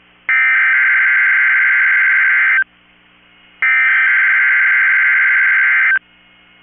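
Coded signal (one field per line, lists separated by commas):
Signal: Emergency Alert System (SAME) tones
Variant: header bursts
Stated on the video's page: Weekly test from a NOAA Weather Radio station, recorded because the local office skipped its own test.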